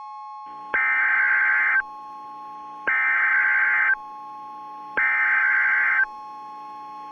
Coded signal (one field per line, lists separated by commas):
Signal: Emergency Alert System (SAME) tones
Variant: header bursts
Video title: EAS Scenario - Barney Error By T3chyy (X-TRA REMASTERED) (SNEAK PEEK 2)